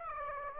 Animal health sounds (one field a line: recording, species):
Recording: mosquito wingbeat signal from an infrared sensor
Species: Aedes aegypti